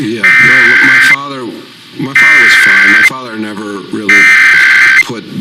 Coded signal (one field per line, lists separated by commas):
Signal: Emergency Alert System (SAME) tones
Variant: header bursts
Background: speech